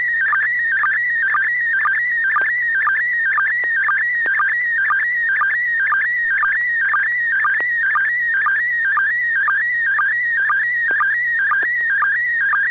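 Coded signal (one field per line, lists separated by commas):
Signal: SSTV (slow-scan television)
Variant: PD120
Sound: warbling, chirping tone sweeping up and down, with a short low blip about twice a second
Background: low hum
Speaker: Okay, well, this is going to be PD 120. N6PGQ,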